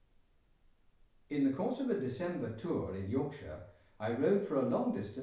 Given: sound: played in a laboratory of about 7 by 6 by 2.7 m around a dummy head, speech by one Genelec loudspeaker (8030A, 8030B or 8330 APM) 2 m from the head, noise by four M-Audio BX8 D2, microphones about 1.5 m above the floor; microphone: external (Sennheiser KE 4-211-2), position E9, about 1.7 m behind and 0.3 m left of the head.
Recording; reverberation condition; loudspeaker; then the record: male speech in English; medium; 120 degrees to the right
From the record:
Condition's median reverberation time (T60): about 510 ms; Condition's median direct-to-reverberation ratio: about -0.5 dB